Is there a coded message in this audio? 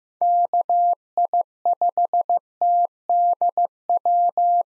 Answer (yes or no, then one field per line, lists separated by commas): yes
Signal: Morse code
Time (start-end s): 0.2-4.6 s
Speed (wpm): 15 wpm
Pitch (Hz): 700 Hz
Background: none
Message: KI5TDW